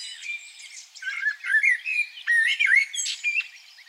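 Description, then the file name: Common blackbird delivering a rapid run of fluty, slurred warbles and high squeaky notes, rising and falling in loudness throughout. "Turdus merula"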